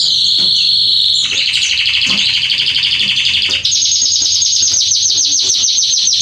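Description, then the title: Canary song: continuous rolling trills shifting from mid pitch to lower, then jumping to a bright high rapid trill. Male Belgian canary singing a lot, used to warm up and train young canaries. "Canary Training 17 Esquente Seu Filhote E Canario Belga Em 30 Minutos Macho Cantando Muito. CANTO DO CANRIO"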